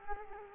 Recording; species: mosquito wingbeat signal from an infrared sensor; Culex quinquefasciatus